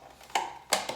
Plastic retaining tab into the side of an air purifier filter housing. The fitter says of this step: these little tabs just click right into the sides